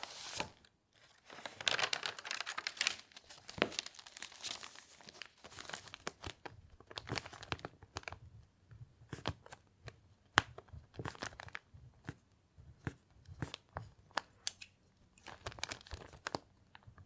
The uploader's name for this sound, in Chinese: 纸音·写字音·翻书音